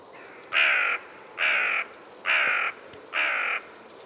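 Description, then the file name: Carrion crow calls, four evenly spaced, loud hoarse caws, each about half a second long, in a steady rhythm. "Corvus corone"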